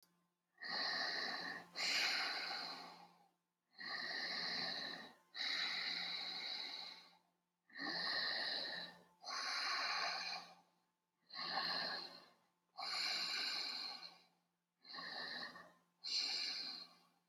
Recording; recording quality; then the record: deep breathing; excellent, no background noise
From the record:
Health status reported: healthy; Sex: female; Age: 30 years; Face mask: not worn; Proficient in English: yes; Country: United States